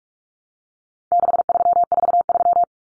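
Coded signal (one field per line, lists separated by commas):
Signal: Morse code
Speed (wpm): 44 wpm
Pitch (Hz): 700 Hz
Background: none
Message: 6343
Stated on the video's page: Common four-digit cut numbers drill at 45 wpm, swapping T, A, N for 0, 1, 9; each sent in Morse, spoken, then sent again.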